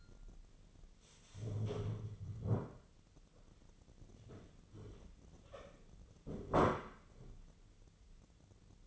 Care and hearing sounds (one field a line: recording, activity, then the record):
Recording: daily activity, microphone in the room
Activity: stand up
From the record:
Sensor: 4